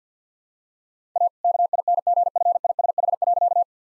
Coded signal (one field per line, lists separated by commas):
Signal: Morse code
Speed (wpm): 50 wpm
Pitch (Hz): 700 Hz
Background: none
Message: A KINGFISH.